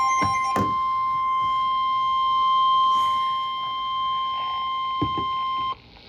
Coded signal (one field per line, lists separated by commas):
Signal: Emergency Alert System (SAME) tones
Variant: 1050 Hz attention tone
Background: music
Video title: 3rd Flash Flood Warning for Granite County (EAS #18)